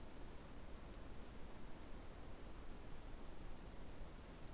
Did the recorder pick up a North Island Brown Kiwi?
no